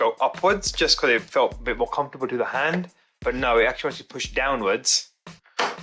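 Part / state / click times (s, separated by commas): locking latch on a cordless wet vacuum / seated / 5.6 s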